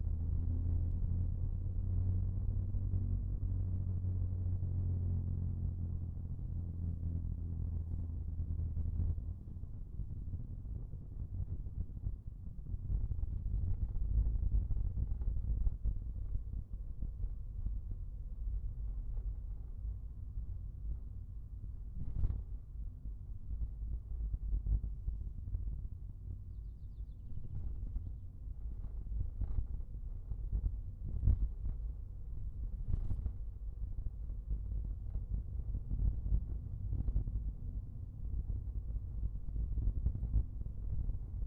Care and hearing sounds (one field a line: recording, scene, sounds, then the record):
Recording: everyday scene through a hearing-aid microphone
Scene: in a vehicle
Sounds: engine, rumble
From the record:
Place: Skoda Fabia, gasoline engine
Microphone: behind the ear, right, rear